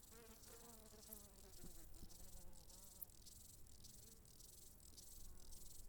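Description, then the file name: Grasshopper stridulation, a faint, steady, high-pitched hiss with rapid pulsing, over a low buzzing hum. "Heuschrecken"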